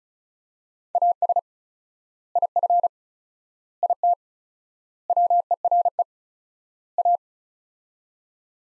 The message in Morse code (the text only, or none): AS IF IT WERE A